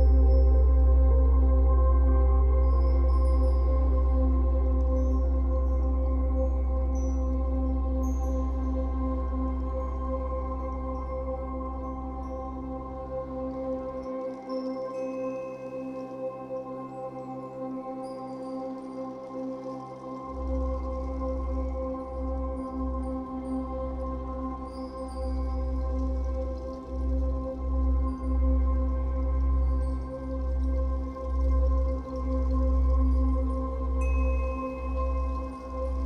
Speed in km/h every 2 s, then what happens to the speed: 103, 105, 105, 103, 103, 104, 105, 106, 106, 106, 106, 106, 106, 107, 107, 107, 106, 107.
0-36 steady at about 106.